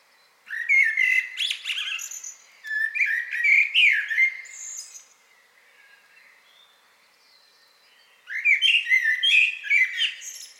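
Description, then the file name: Common blackbird warbling in long, varied fluted phrases with high chattering ends, then a pause before another mellow phrase starts. "Turdus merula"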